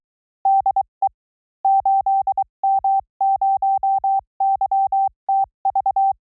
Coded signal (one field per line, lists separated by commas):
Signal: Morse code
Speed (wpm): 23 wpm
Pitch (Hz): 780 Hz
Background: none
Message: DE 8M0YTV